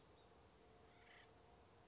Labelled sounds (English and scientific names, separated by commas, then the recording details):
Acorn Woodpecker (Melanerpes formicivorus)
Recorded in Sonoma County, California